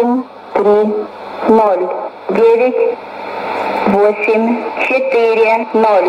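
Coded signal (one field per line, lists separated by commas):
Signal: numbers station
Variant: S06s Russian Lady, Russian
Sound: female voice reading short, evenly spaced words over shortwave static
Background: radio static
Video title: 21 09 2016 Number station S06s Russian Lady to Eu 0834 on 9255 unknown tx site CUSB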